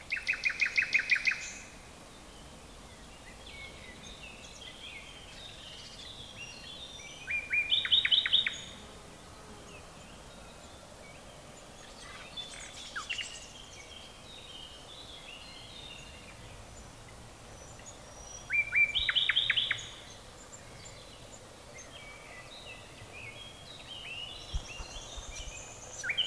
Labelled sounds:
Common Nightingale song
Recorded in the wild
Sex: male
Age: adult
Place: Waldsieversdorf, Rotes Luch, Brandenburg, DE
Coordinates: 52.5222, 14.0303
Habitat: garden
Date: 1992-04-30 13:15
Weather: fair, 15°C
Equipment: Aiwa HD-S1, Sennheiser ME 80, Hochpass 1000 Hz
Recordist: Frommolt, Karl-Heinz

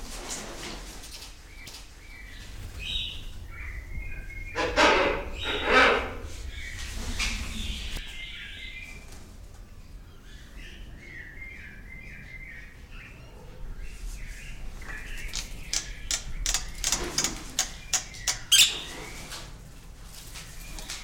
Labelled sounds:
Black-winged Starling
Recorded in captivity
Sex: group
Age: diverse
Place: Zoo Berlin, Berlin, DE
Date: 1996-02-10 15:11
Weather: heiter bis wolkig, -11°C
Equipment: Sony MD-WM MZ-R3, Sennheiser ME 80, Kopie Uher 4000 Report Monitor
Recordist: Tembrock, Günter

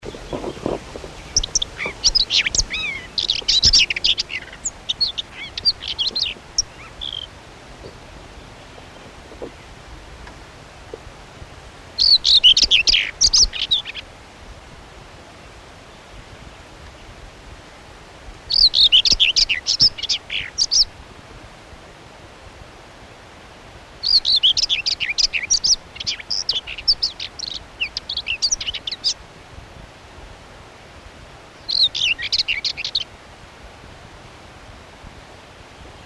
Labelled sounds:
Common Whitethroat song
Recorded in the wild
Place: Krombachtalsperre, DE
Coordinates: 50.6217, 8.12722
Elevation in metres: 530
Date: 1964-05-10
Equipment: Uher Report 4000, AKG D190
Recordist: Krey, Winfried

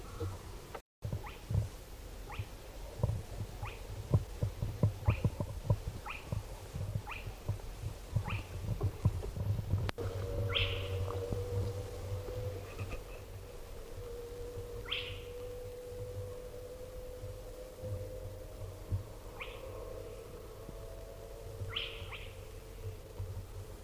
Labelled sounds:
Spotted Crake
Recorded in the wild
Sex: male
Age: adult
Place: NSG Nonnenhof, Tollensesee, Mecklenburg-Vorpommern, DE
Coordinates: 53.4619, 13.1644
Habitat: wetland
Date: 1967-04-15 21:00
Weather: 4-6°C, zunehmender Sichelmond
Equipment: Tesla Uran, Parabolreflektor
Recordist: Jung, Norbert

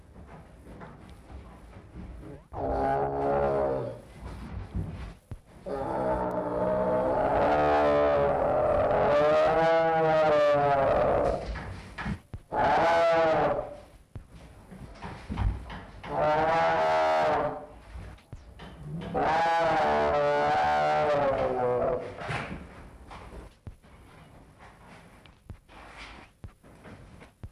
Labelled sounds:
Tiger
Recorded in captivity
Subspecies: tigirs
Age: adult
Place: Tierpark Berlin, Berlin, DE
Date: 1963-02-09 14:00
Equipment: Minifon, Kopie Smaragd
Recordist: Tembrock, Günter

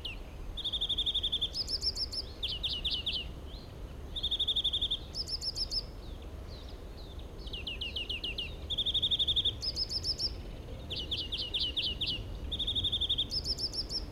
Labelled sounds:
European Greenfinch song
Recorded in the wild
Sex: male
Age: adult
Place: Wartenberger Luch, Berlin, DE
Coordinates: 52.5733, 13.5256
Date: 1990-05-28 21:13
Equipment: Uher 4400 Report Monitor, Sennheiser MKH 416 T
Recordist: Frommolt, Karl-Heinz

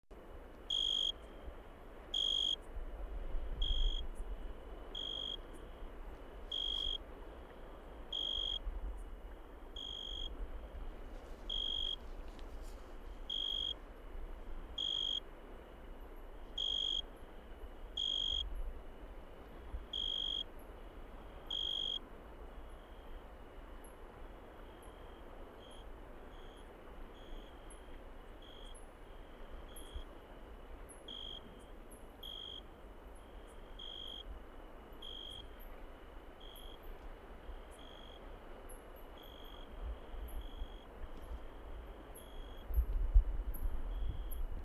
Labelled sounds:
Tree Cricket
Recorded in the wild
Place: Insel Hvar, HR
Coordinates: 43.1953, 16.4461
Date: 2002-07-17 22:00
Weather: heiter ca. 25°C, schwacher Wind
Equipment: Tascam DA-P1, Sennheiser MKH 70, Windkorb
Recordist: Frommolt, Karl-Heinz
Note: In der Nähe der Bucht Lozna: Gesang. Entfernung ca. 5 m

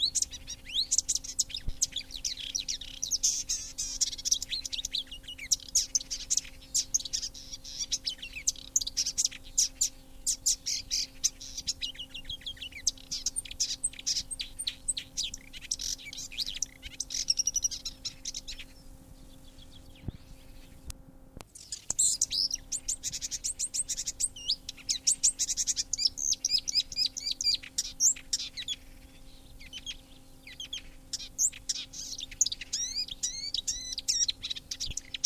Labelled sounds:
Marsh Warbler song
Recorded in the wild
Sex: male
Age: adult
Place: Wiesenthau, Bayern, DE
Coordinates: 49.7128, 11.1353
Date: 1961-05-22
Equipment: Stellavox SM 4, Original, Vollspur
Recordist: Tretzel, Erwin

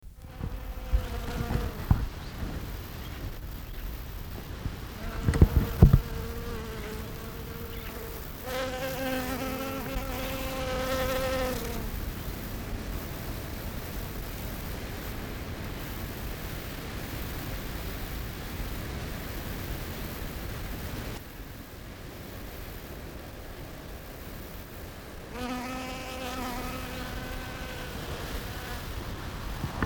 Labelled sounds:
Honey Bee
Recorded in the wild
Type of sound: flight sound
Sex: female
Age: imago
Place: Mühlenbecker Teiche, NSG Tegeler Fließtal, Brandenburg, DE
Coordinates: 52.65, 13.4
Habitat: meadow, pond
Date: 1989-08-07 11:05
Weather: heiter, 17-23°C
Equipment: Nagra SN
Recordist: Tembrock, Günter
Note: Honigbiene: Fluggeräusche am Klee

